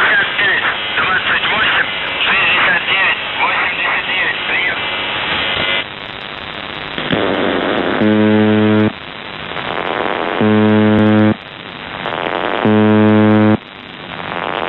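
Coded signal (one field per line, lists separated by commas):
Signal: numbers station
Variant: UVB-76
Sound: noisy static, then three low harsh buzzes, each about one second, evenly spaced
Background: radio static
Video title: The Buzzer/UVB-76(4625Khz) May 22nd, 2023 Voice messages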